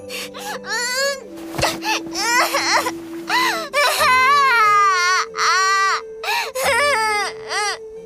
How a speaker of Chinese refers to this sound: …大声抽噎，在那一瞬间终于意识到母亲再也回不来了。他踢打父亲，放声尖叫。